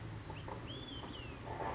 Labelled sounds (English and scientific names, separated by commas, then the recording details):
Olive-sided Flycatcher (Contopus cooperi)
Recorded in Sonoma County, California